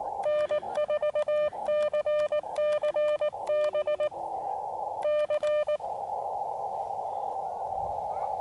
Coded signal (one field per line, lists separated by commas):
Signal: Morse code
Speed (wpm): 19 wpm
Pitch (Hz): 600 Hz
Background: none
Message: N4CCB C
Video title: SOTA FAIL on Pikes Peak